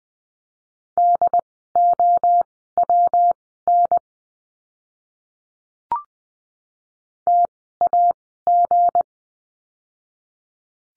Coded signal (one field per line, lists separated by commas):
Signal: Morse code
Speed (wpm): 20 wpm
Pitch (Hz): 700 Hz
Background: none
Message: DOWN TAG